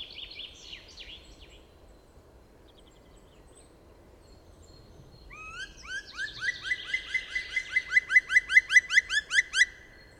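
Black woodpecker giving a call series: rising, ringing notes repeated about four times a second that grow louder over several seconds, after a brief high twittering.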